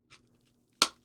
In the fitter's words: there's your click again